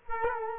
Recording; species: mosquito wingbeat signal from an infrared sensor; Culex quinquefasciatus